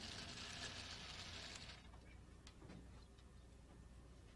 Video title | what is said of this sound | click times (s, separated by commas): LaserWriter Pro Printer Service - Apple VHS Archive | reach through and gently press the delivery surface until the positioning tab pops into place | 2.5 s